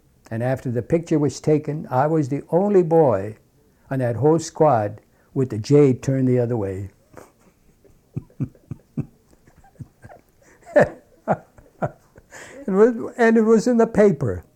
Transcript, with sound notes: And after the picture was taken I was the only boy on that whole squad with the J turned the other way. (he laughs) And it was in the paper.